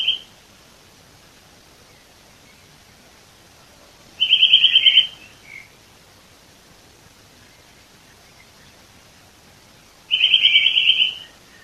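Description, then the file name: Eurasian nuthatch giving short bursts of rapid trilled notes, spaced roughly six seconds apart, with quiet in between. "Sitta europaea"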